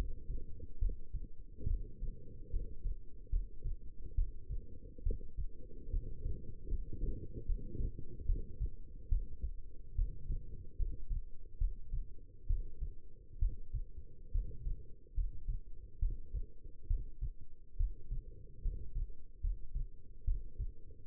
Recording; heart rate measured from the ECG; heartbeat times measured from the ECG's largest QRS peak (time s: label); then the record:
heart sounds by stethoscope; 71 bpm
0.79 s: heartbeat
1.67 s: heartbeat
2.50 s: heartbeat
3.30 s: heartbeat
4.15 s: heartbeat
5.03 s: heartbeat
5.90 s: heartbeat
6.68 s: heartbeat
7.46 s: heartbeat
8.26 s: heartbeat
9.09 s: heartbeat
9.95 s: heartbeat
10.76 s: heartbeat
11.58 s: heartbeat
12.47 s: heartbeat
13.39 s: heartbeat
14.31 s: heartbeat
15.14 s: heartbeat
15.99 s: heartbeat
16.87 s: heartbeat
17.77 s: heartbeat
18.61 s: heartbeat
19.40 s: heartbeat
20.24 s: heartbeat
From the record:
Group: healthy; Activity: rest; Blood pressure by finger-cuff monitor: 116/72 mmHg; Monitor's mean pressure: 84 mmHg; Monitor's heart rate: 71 bpm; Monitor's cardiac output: 6.1 L/min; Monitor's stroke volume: 87 mL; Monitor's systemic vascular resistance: 1010 dyn s/cm5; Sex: female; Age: 22 years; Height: 171 cm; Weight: 65.6 kg